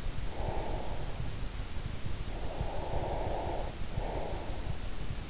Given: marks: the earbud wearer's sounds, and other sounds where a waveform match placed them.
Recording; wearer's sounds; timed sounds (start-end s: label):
sounds in sleep by an in-ear microphone; breath
0.38-1.17 s: breath
2.34-4.60 s: breath